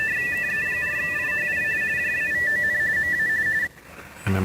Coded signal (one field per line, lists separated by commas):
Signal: RTTY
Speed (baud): 45.45 baud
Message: KE4IHI JAVON MA